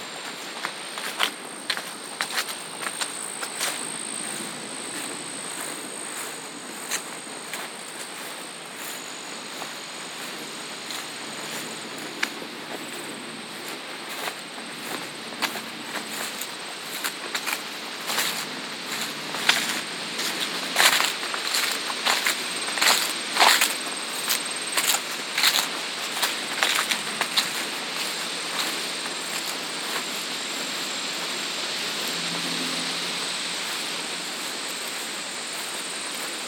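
Hooves of horses tread along a farm trail in Coopersville, Michigan, a stream of sharp, crunchy footfalls that grows busier and louder through the middle, around twenty to twenty-eight seconds. A thin, steady high hiss and faint insect-like buzzing run underneath throughout.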